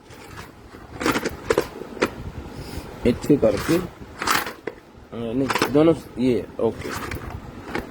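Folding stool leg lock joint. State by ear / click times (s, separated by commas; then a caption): seated / 7.8 s. A portable folding stool is opened and its leg joint is pushed until the latch locks with a single sharp click at 7.8 s. Someone talks throughout, with several other brief knocks and clicks from handling the stool before the lock.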